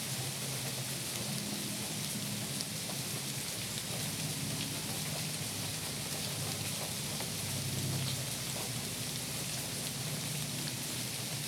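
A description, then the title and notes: Steady rain falls on tree leaves, a dense, even patter with countless fine drops ticking across the upper range throughout. Beneath it runs a low, wavering hum, faint, and the level holds nearly constant for the whole stretch. The sound of rain on the leaves of a Bradford pear tree captured through an open window in Upstate SC during an early October 2020 wet patch. Rain on Pear Leaves.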